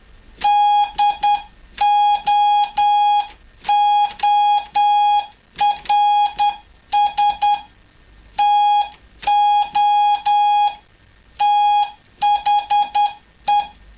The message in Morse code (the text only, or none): DOORS TO THE